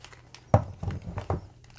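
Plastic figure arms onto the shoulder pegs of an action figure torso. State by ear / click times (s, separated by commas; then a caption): not seated / none. Plastic arms are pushed onto the shoulder pegs of a build-a-figure action figure torso, giving a few soft plastic scuffs and rubbing knocks, the loudest at about 0.5 s and 1.3 s. The arms do not click into place; nothing has seated or clicked yet.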